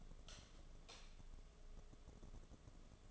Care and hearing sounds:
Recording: daily activity, microphone in the room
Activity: light off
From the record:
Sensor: 4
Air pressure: 1011.1 hPa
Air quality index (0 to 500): 146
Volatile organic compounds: 3 ppm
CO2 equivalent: 1490 ppm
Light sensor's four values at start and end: 153/399/169/175 and 152/396/168/174

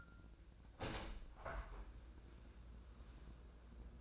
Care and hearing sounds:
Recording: daily activity, microphone in the room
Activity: open window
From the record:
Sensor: 2

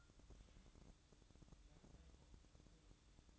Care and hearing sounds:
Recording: daily activity, microphone in the room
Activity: take from stove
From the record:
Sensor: 3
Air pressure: 1008.1 hPa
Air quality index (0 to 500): 132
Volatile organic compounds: 2 ppm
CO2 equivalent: 1089 ppm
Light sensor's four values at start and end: 8/20/8/7 and 8/20/8/7

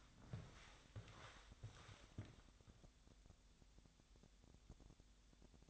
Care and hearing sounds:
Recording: daily activity, microphone in the room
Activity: walk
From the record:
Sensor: 3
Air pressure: 1000.5 hPa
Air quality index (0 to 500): 164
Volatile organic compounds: 3 ppm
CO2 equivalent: 1439 ppm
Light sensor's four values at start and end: 16/42/17/18 and 15/37/15/17

